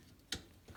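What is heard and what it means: A retaining clip that had taken several tries is pushed back onto the upper basket rack rail of a Whirlpool, Kenmore or Maytag dishwasher. It snaps on with one sharp, bright click at 0.3 s, followed by a fainter low knock near 0.7 s. The clip is seated.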